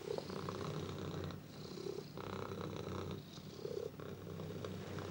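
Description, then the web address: Domestic cat purring in a steady low rumble that pulses with each breath, broken by a few short high squeaks. Domestic cat squealing and purring. "BBC Cats. domestic cat squealing and purring"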